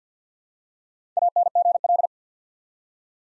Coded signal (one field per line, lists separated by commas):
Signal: Morse code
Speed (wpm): 50 wpm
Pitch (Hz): 700 Hz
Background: none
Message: ANGL